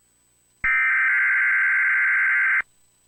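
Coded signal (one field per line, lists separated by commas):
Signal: Emergency Alert System (SAME) tones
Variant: header bursts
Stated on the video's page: Fictional EAS scenario with siren audio.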